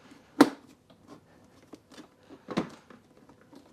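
A plastic body panel of an Aston Martin F1 race car kids' ride-on toy is handled and pressed onto the car's chassis after the wire has been routed. A sharp knock at 0.4 s and a second, weaker one at 2.5 s stand out over soft handling rustles. Nothing has seated or clicked yet.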